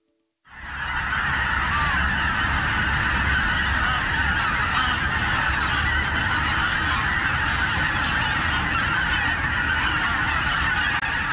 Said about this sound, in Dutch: hoorde aan de buiten de oevergetreden IJssel duizenden koolganzen die zich verzamelen. Zich dan maar even verplaatsen op zoek naar een geschikte slaapplaats.